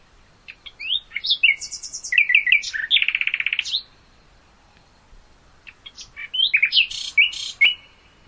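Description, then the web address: Common nightingale singing two phrases separated by a pause: varied whistles and chirps, a fast rattling trill, then sharp rising and falling notes. "hoeren nachtigall"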